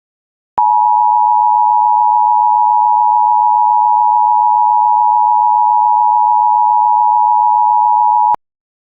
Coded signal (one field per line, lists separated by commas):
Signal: Emergency Alert System (SAME) tones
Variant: 853 and 960 Hz attention tone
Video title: EAS Mock Flood Warning 7/25/10 (VERY REALISTIC!!!)